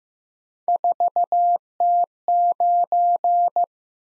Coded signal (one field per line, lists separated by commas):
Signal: Morse code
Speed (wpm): 15 wpm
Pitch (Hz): 700 Hz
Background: none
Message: 4T9